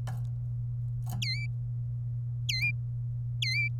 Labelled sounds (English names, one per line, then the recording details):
Domestic Canary song
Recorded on 27 April 2018 at 12:39
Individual llb3